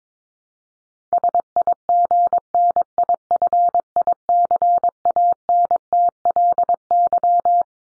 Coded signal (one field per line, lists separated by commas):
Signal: Morse code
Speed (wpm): 22 wpm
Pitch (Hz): 700 Hz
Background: none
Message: SIGNIFICANTLY